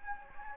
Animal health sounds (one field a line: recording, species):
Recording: mosquito wingbeat signal from an infrared sensor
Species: Anopheles gambiae